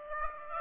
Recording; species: mosquito wingbeat signal from an infrared sensor; Aedes aegypti